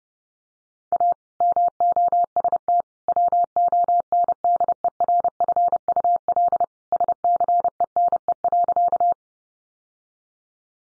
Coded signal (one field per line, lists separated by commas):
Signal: Morse code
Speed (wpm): 28 wpm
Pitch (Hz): 700 Hz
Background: none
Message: A MOST WONDERFUL SCENE.